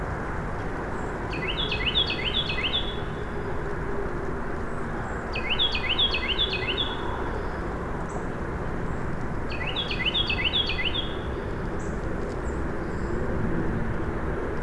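A Carolina Wren sings its rolling, repeated phrase three times, at about 1, 5 and 10 seconds, each burst a quick bright series of chirps. A steady low rumble fills the background throughout, like traffic, with faint other bird calls scattered between songs.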